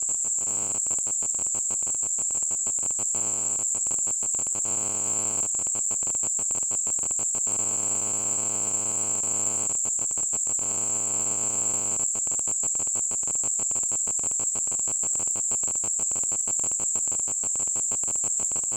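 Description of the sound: Simulated tinnitus: a steady, high-pitched ringing tone around 7–8 kHz, heard continuously without pause, with a faint insect-like, cricket-like hissing quality.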